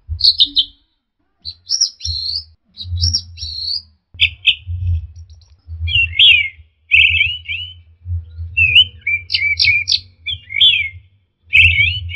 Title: Suara Burung Sikatan Londo Masteran Tembakan Full Speed Rapet